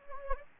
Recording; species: mosquito wingbeat signal from an infrared sensor; Anopheles gambiae